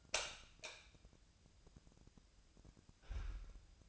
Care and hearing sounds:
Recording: daily activity, microphone in the room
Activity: light on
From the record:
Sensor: 2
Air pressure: 999.8 hPa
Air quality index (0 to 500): 118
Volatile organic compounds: 2 ppm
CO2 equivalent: 1021 ppm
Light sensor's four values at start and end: 29/73/31/35 and 33/87/37/40

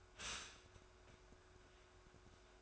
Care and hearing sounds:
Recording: daily activity, microphone in the room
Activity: stop toaster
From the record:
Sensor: 2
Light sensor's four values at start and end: 3/9/3/3 and 3/9/3/3

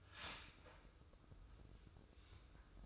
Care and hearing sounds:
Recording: daily activity, microphone in the room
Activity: start toaster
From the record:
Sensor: 2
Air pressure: 995.0 hPa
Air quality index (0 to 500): 59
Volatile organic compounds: 1 ppm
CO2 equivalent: 975 ppm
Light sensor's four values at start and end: 17/54/21/20 and 17/54/21/20

